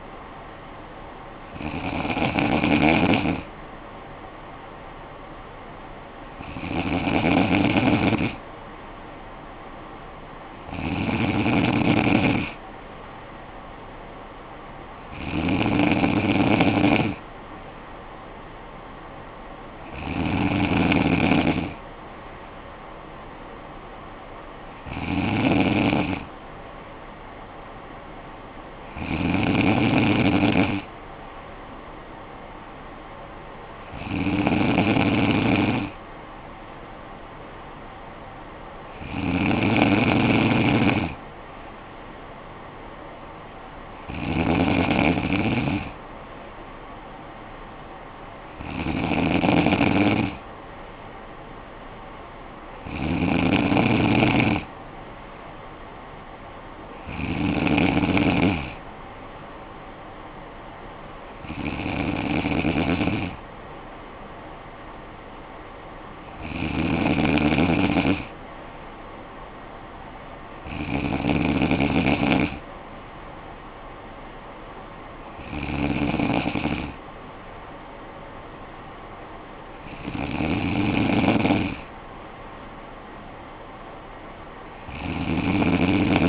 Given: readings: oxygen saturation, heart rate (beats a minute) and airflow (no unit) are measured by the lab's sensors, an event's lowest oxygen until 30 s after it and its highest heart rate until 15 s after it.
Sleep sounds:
breathing in sleep by a voice recorder at the bedside; none
none scored
From the record:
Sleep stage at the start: N3 (deep sleep); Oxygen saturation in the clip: 94 to 95%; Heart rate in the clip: 53 to 61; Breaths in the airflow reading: 18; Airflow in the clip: -9.3 to 6.7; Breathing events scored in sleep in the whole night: 445 in 7.6 hours asleep

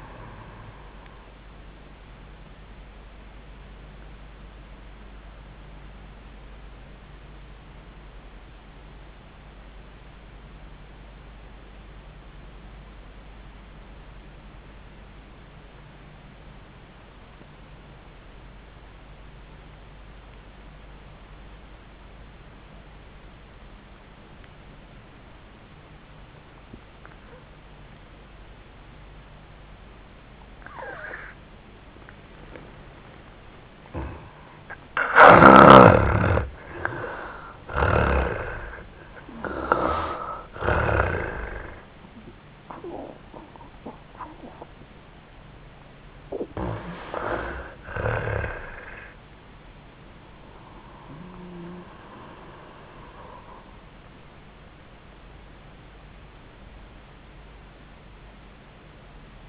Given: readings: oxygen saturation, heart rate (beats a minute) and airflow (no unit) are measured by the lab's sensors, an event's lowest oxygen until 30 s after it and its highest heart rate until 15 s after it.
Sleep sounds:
breathing in sleep by a voice recorder at the bedside; 1
3.00-34.80 s: obstructive apnea (N1, oxygen 98% highest, then 81% lowest, heart rate 67 at the start, 88 highest)
12.00-42.00 s: new sleep stage, N2 (light sleep)
42.00-59.49 s: new sleep stage, N1 (lightest sleep)
From the record:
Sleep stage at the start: N1 (lightest sleep); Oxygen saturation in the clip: 81 to 98%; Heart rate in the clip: 64 to 90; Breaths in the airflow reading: 6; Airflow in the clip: -7.7 to 2.9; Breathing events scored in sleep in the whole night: 400 in 8.7 hours asleep

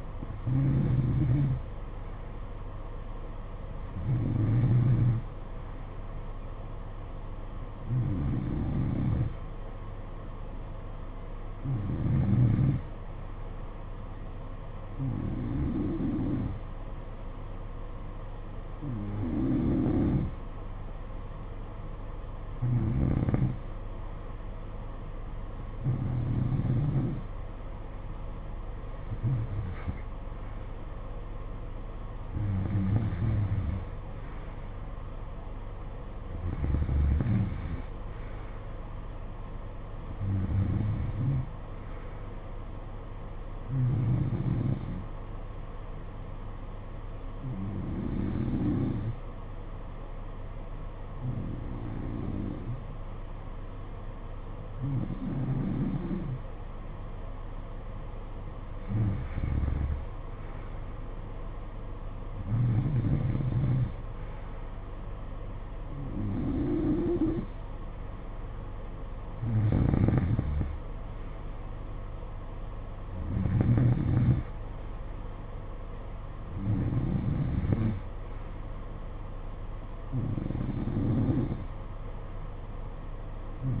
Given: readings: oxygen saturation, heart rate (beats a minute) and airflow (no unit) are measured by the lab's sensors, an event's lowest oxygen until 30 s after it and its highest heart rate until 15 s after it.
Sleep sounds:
breathing in sleep by a smartphone at the bedside; none
none scored
From the record:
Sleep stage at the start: N2 (light sleep); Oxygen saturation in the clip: 89 to 93%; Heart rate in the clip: 55 to 60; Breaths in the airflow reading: 23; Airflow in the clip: -10.0 to 7.4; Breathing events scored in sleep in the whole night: 476 in 9.7 hours asleep

